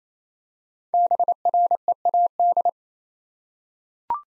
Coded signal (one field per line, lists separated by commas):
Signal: Morse code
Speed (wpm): 28 wpm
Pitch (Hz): 700 Hz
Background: none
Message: BREAD